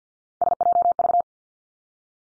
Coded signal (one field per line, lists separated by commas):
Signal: Morse code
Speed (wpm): 50 wpm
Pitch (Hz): 700 Hz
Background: none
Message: SJV